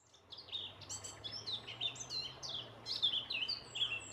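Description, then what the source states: Eurasian blackcap song, a fast, rich warble of fluty and scratchy high notes tumbling together without pause, with a faint low hum underneath. Male, singing.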